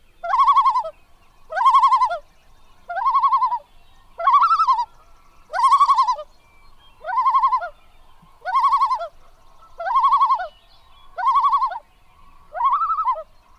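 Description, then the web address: Common loon giving ten quavering tremolo calls, each under a second long and repeated about every one and a half seconds, with no other sounds. North America. "Songs of Birds of North America Know Your Bird Sounds Common Western Species. Common Loon"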